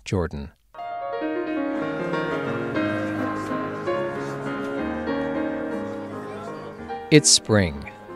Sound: sfx: gay party sounds with music